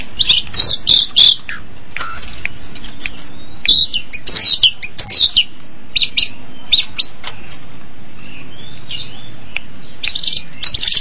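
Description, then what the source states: Long-tailed shrike song: varied high chirps and slurred whistles, busy at first, then a quieter stretch with soft wavering notes before it picks up again. Combination song (kombinasi) style.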